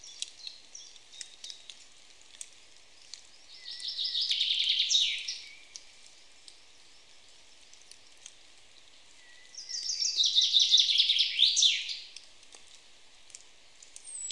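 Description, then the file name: Common chaffinch song: two phrases of descending trilled notes, each ending in a quick flourish and separated by a pause, with faint ticking in the background. "Fringilla coelebs"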